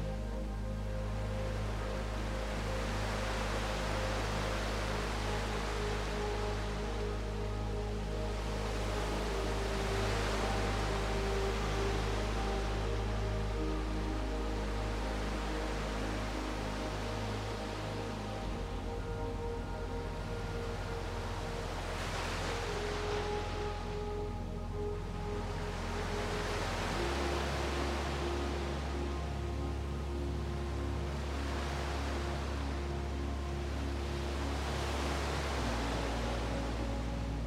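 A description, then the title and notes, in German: Soft, slow music with sustained low tones and gentle held chords plays over a steady wash of ocean waves. The surf swells and recedes in broad, regular surges every few seconds, while the bass notes shift at around 18, 27 and 35 seconds. Musik & Klang der WELLEN. Der sanften Mischung aus beruhigenden Melodien und dem natürlichen Klang der Meereswellen.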